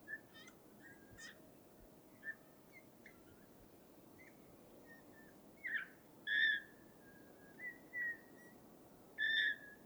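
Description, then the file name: Eurasian bullfinch calls: soft piping whistles, faint at first, then several stronger fluting notes in the last four seconds, against low background noise. "Pyrrhula pyrrhula"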